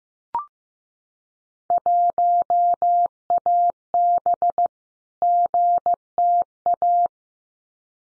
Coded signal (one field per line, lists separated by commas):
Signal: Morse code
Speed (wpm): 15 wpm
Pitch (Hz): 700 Hz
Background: none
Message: 1AB GTA